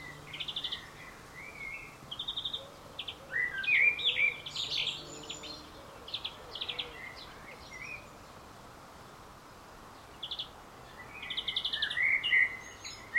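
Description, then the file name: Common blackbird warbling phrases with high squeaky flourishes, alternating with bursts of fast high chipping notes and a quiet spell of about three seconds in the second half. "Turdus merula"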